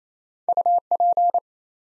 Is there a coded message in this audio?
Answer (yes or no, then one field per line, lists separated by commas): yes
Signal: Morse code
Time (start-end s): 0.5-1.4 s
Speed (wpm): 28 wpm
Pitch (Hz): 700 Hz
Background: none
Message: UP